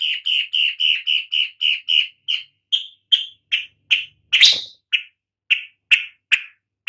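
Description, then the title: Long-tailed shrike giving a fast series of harsh, nasal notes that slow and spread out, with a louder rasping burst midway and single calls toward the end. "Lanius Schach"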